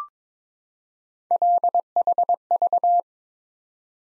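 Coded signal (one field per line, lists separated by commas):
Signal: Morse code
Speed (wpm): 22 wpm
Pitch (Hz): 700 Hz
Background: none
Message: LHV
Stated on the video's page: Head-copy drill of random three-character letter-number groups at 22 wpm, each sent in Morse, spoken, then sent again.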